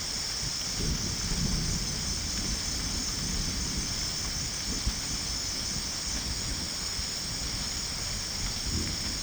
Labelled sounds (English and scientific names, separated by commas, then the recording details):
none
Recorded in dense forest near Puerto Asís, Putumayo, Colombia, on 24 June 2025 at 17:30
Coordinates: 0.499, -76.324
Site G100